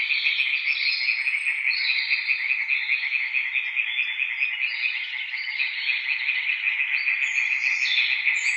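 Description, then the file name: European tree frog chorus, a dense stream of rapid, rasping pulsed calls from many frogs, overlapping continuously with higher buzzy notes drifting in and out. Several tree frogs calling near Witteveen, Netherlands. "Boomkikkers bij Witteveen - Sound Cloud - luc de bruijn"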